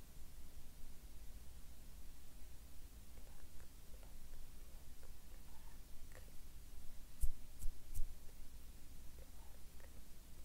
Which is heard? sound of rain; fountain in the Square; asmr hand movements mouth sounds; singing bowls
asmr hand movements mouth sounds